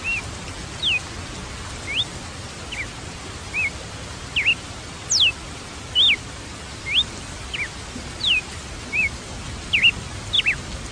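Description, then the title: Red-cowled cardinal singing a long series of short, clear, slurred whistles that rise or fall, about one each second, over a constant low hiss. "Galo de Campina"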